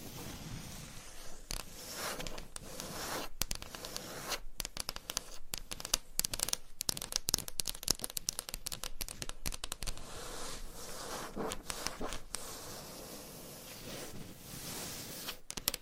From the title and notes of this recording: ASMR Changing Triggers Every 30 Seconds Scratching , Tapping , Massage & More No Talking.